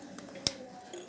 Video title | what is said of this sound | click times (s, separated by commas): Pasang Alarm Motor CR7 PNP di Beat Led New | nah seperti ini ya Sampai bunyi klek gitu entar | 0.5 s